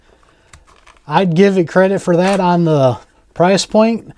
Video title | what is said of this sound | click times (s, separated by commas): N8 Tactical Xecutive IWB Holster Review | get it on there just a small little click | 0.5 s